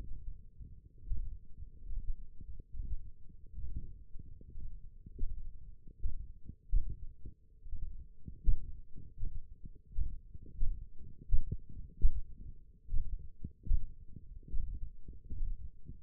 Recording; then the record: forearm muscle sounds (acoustic myography)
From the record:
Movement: thumb flexion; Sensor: system 1, eight BSWA MPA416 microphones around the upper forearm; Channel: 4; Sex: male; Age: 21 years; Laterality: right